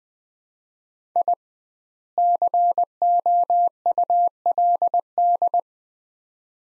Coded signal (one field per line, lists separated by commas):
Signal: Morse code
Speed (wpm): 21 wpm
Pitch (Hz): 700 Hz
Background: none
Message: I COULD